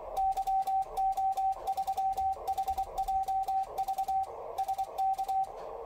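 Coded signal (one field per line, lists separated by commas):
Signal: Morse code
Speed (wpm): 24 wpm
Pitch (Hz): 770 Hz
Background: radio noise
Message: YO3HJV SK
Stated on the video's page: CW sent from a memory keyer keypad connected by CI-V to an ICOM IC-7300.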